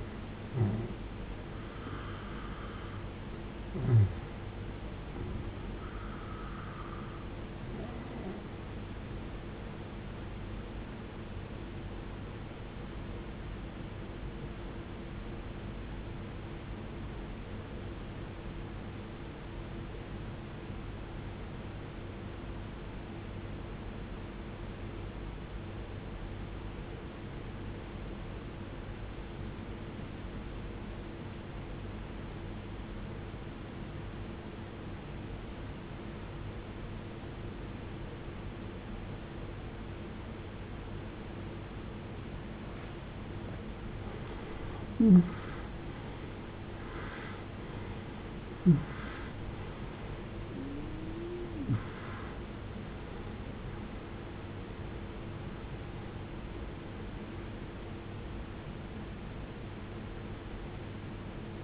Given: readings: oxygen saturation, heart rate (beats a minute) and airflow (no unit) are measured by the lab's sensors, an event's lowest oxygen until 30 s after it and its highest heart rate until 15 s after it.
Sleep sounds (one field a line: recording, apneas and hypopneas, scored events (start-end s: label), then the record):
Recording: breathing in sleep by a voice recorder at the bedside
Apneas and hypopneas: 1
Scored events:
15.00-44.10 s: obstructive apnea (N1, oxygen 95% highest, then 79% lowest, heart rate 61 at the start, 81 highest)
25.00-55.00 s: new sleep stage, N2 (light sleep)
55.00-61.63 s: new sleep stage, N1 (lightest sleep)
From the record:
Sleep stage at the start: N1 (lightest sleep)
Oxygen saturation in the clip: 80 to 95%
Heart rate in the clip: 50 to 81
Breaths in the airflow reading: 9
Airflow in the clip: -19.7 to 18.9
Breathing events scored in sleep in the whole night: 389 in 6.3 hours asleep